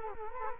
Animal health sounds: mosquito wingbeat signal from an infrared sensor; Culex quinquefasciatus

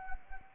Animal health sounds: mosquito wingbeat signal from an infrared sensor; Anopheles arabiensis

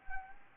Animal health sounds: mosquito wingbeat signal from an infrared sensor; Anopheles arabiensis

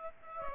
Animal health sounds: mosquito wingbeat signal from an infrared sensor; Aedes aegypti

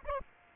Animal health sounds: mosquito wingbeat signal from an infrared sensor; Aedes aegypti

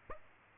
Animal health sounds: mosquito wingbeat signal from an infrared sensor; Aedes aegypti

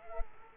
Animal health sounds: mosquito wingbeat signal from an infrared sensor; Culex quinquefasciatus

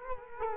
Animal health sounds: mosquito wingbeat signal from an infrared sensor; Culex quinquefasciatus

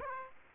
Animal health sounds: mosquito wingbeat signal from an infrared sensor; Aedes aegypti

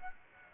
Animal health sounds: mosquito wingbeat signal from an infrared sensor; Aedes aegypti

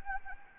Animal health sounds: mosquito wingbeat signal from an infrared sensor; Anopheles gambiae

